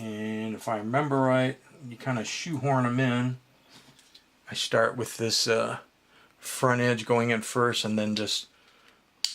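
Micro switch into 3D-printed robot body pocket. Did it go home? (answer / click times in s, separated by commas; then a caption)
yes / 9.2 s. Someone talks while pressing a micro switch, with glue, into its 3D-printed plastic pocket in a robot body, putting the front edge in first and then forcing the back side in. A single sharp snap is heard at 9.3 seconds as the switch seats in the printed mount.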